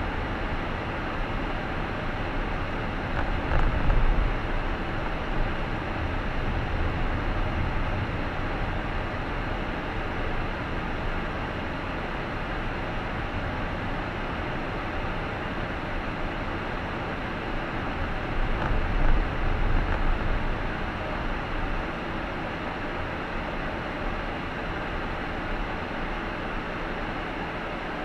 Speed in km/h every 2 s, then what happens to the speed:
32, 32, 30, 31, 33, 32, 32, 31, 31, 27, 23, 18, 14, 8.
0-16 steady at about 32. 16-28 slows to 8.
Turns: none.